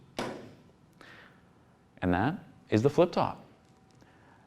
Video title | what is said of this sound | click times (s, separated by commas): Crestron Media Cart | and you will hear an audible click when the mechanism engages | 0.2 s